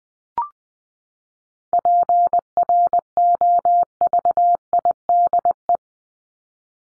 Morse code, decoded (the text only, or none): PROVIDE